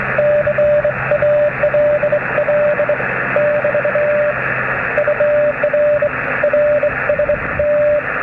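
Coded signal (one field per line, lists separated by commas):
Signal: Morse code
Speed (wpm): 23 wpm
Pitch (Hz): 590 Hz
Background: radio noise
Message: CALL <BT> UR RST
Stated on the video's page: Night transmitting test on 80 and 160 metres with a coax cable magnetic loop antenna.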